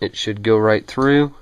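A new engine valve or its valve stem seal is being pressed into the valve guide of an EJ25D cylinder head during a rebuild while someone talks. Only speech is heard, and nothing has seated or clicked into place yet.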